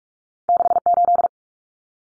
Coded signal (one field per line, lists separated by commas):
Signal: Morse code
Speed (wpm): 44 wpm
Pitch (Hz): 700 Hz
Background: none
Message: 68